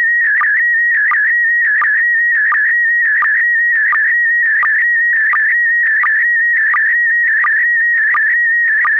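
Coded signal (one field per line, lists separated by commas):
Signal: SSTV (slow-scan television)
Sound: warbling whistle near 2 kHz, with a short low blip about every 0.7 seconds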